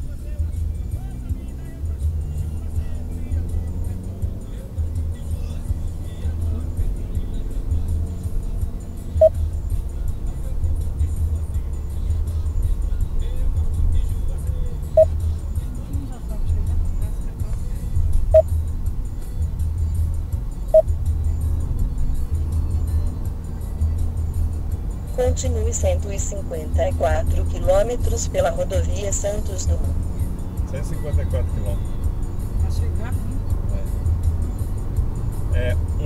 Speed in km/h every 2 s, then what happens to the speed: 32, 42, 50, 57, 62, 65, 68, 70, 71, 71, 71, 73, 77, 81, 85, 88, 90, 93.
0-36 speeds up to 93.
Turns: none.